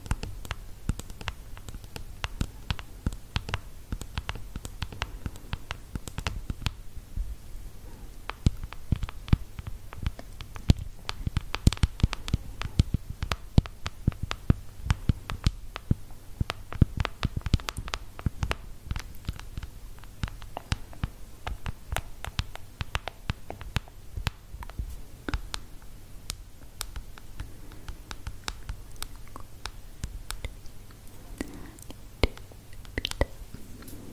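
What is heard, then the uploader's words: Dense, rapid scratching clicks and rasps fill all 34 seconds in an uneven rhythm over a low steady hum, as of someone scratching a back. ASMR scratching your back.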